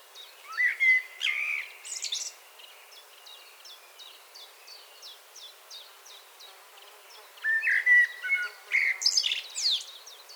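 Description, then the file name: Common blackbird song: two fluting warbled phrases with squeaky twittered endings, separated by a quieter spell of rapid high ticks. "Turdus merula 181122"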